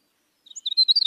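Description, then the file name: Eurasian skylark singing a rapid burst of high, chirpy twittering notes, quickly repeated and jumbled, starting after a brief silence. "Canto da cotovia dos campos"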